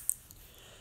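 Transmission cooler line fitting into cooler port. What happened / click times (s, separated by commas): The line fitting snapped into its port / 0.1 s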